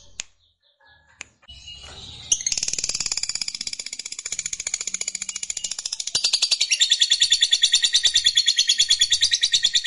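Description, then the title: Lovebird chattering song that starts after a few scattered clicks and soft chirps, then builds into a fast, dense, high-pitched pulsed stream growing louder. Fighter-type lovebird singing energetically in the gacor style. "Berkat SUARA Lovebird FIGHTER GACOR Ini"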